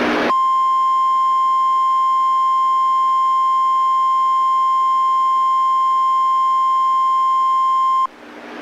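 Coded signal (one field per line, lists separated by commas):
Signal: Emergency Alert System (SAME) tones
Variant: 1050 Hz attention tone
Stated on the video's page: Fictional EAS scenario, a remastered simulated alert.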